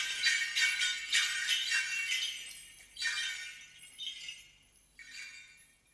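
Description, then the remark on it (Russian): A small bell jingles in the distance, a quick run of bright, high tinkling strikes that fades, then two further shimmering bursts ring out and trail off, with no voices. “Колокольчик в самом деле звенел где-то в отдалении и вдруг перестал звенеть.”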